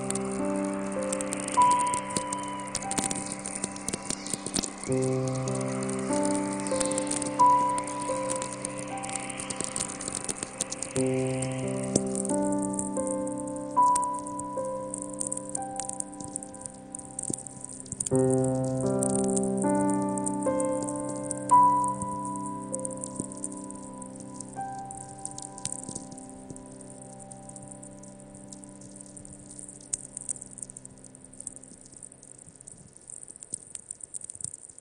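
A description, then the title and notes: Slow grand piano chords ring out and decay, with new ones struck around every five or six seconds. Behind them runs a steady, dense crackle and patter of natural radio static, and a soft whooshing hiss rises and falls during the first twelve seconds. The sounds of Earth's natural radio emissions as recorded by a remote VLF receiver at Halley VI Research Station in Antarctica accompanied by ambient music on a grand piano. Sounds of space from Halley VI research station reimagined by Sounds of Space Project.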